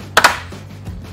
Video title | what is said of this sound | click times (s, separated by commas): Top 10 Best Ladders for Electricians | to make sure those are fully seated and locked into place we're going to rotate the select grip and | 0.2 s